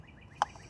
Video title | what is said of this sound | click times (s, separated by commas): Low Speed Fan Resistor, Coolant Exchange & Window Regulators ~ R52 MINI | and it just snaps kind of snaps in place these wires coming out the bottom are no problem | 0.4 s